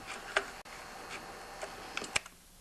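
A flat screwdriver pries the plastic choke lever of a STIHL MS 180 chainsaw up out of its plastic casing, with light scraping ticks at about 0.4 s and 2.0 s. At 2.2 s there is a sharp snap as the lever pops loose and is released.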